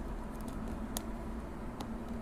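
The display cable connector is pushed into a new Asus Q502LA laptop LCD panel during a screen replacement. Two short, sharp clicks stand out over a steady low hum, at 0.97 s and 1.81 s, and there is no talk. The connector is confirmed seated after the two clicks.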